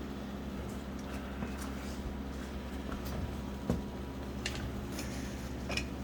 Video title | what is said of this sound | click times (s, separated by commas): Can am Outlander XMR 1000 Garage Day! Upgrades | just enough she snapped right in place and | 4.5 s